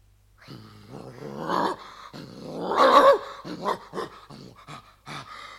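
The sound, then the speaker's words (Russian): A dog growls in a series of rough, rumbling snarls, rising to a louder, strained peak midway before breaking into shorter, choppy growls and pants. “А маленький Нильс в этот момент юркнул в собачью будку, что стояла поблизости, и забился в самый угол.”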